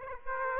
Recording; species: mosquito wingbeat signal from an infrared sensor; Aedes aegypti